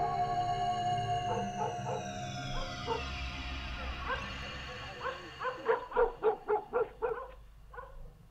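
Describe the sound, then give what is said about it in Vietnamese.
A dog next door barks loudly and insistently at night, a quick run of about eight sharp barks near the end, following a wailing siren that sweeps downward with a few earlier barks beneath it. “Cùng lúc đó, tiếng chó sủa ở nhà bên vang lên dữ dội.”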